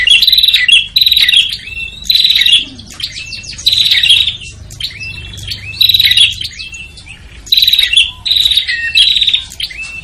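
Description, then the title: Prinia calls: repeated loud buzzy chatters, roughly seven bursts in ten seconds, with softer trilling notes between them. Noisy prinia calls used as a lure to attract prinias, including red-headed and visiting birds. "Suara Prenjak Ribut Buat Pikat Burung Prenjak Kepala Merah Prenjak Tamu"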